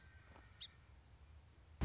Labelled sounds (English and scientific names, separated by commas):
Song Sparrow (Melospiza melodia)